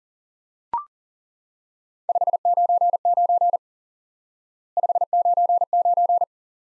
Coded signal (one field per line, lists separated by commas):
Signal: Morse code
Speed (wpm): 37 wpm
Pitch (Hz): 700 Hz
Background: none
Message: 599 599